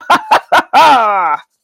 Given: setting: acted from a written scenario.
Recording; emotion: vocal sound without words; triumph